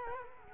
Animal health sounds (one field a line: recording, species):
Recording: mosquito wingbeat signal from an infrared sensor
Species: Culex quinquefasciatus